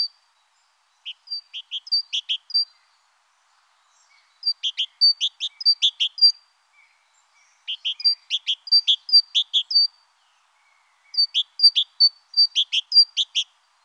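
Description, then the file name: Great tit song: bright two-note phrases repeated rapidly in bursts of about two seconds, with short pauses between four clear strophes. "Mésange-charbonnière"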